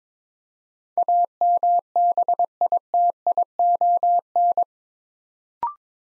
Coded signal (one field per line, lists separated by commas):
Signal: Morse code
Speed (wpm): 22 wpm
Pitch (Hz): 700 Hz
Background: none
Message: AMBITION